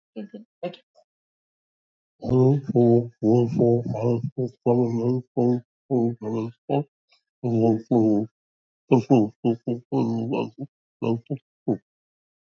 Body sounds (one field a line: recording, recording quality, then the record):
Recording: counting at a fast pace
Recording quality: excellent, no background noise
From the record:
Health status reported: recovered from COVID-19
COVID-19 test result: negative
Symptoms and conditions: cough, cold, fever, diabetes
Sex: male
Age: 72 years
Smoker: not ticked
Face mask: not worn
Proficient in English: yes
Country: India